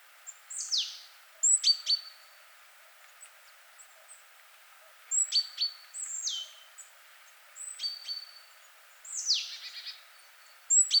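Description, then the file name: Great tit calling: clusters of sharp, bright clicky notes with a thin ringing tone, repeated every few seconds, mixed with high descending swishy sweeps. "Parus major"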